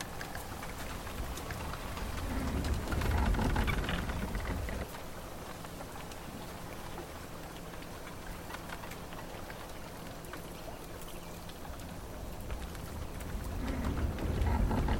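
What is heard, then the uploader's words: Sound of a bamboo thicket by water: dense, patter-like crackling and ticking runs the whole way, much like rain on a surface. A deeper rumbling swell rises from about two to five seconds and again near the end, with a faint low hum between. Bamboo forest ambience for relaxation | sound of bamboo thicket on water.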